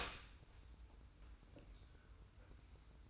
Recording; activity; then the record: daily activity, microphone in the room; open door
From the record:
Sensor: 2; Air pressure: 990.3 hPa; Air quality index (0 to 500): 183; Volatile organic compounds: 1000 ppm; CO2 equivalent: 5822 ppm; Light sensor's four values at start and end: 34/81/33/33 and 34/80/33/33